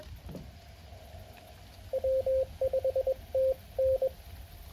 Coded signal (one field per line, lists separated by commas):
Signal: Morse code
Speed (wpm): 22 wpm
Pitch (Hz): 530 Hz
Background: radio noise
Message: W5TN